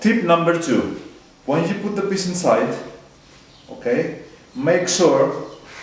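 A man talks while a laser-cut wooden piece of a Dezaart "Bird" pendant light (SKU 1006/1008) is handled at its slot in the notched wooden frame, in preparation for pushing it up to the last notch. Only speech is heard, with quiet pauses between phrases. Nothing has seated or clicked yet.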